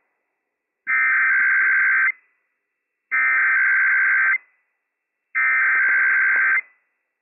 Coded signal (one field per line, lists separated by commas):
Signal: Emergency Alert System (SAME) tones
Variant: header bursts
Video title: IPAWS Required Weekly Test - WWF56 - EAS #227 - 11:01 AM PDT 4/4/22